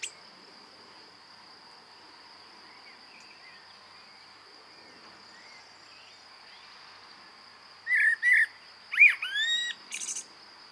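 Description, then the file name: Common blackbird song: a short burst of fluty whistles and sharp high notes late in the recording, against a steady high-pitched hum. "Turdus merula"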